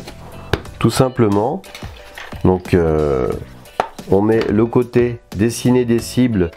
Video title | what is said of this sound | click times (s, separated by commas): CIBLE SHOOTING TARGET joylink, une bonne idée cadeau ? En Français Fr. | on met les cibles sur les petites et où regarder ça se clipse tout | 0.5 s